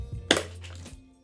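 A DDR4 memory module is pressed down into a motherboard DIMM slot until the retention clip snaps, and the module seats. A sharp click is heard at 0.3 s over a low steady hum. A much fainter tick follows near 0.8 s, and then the sound fades to quiet.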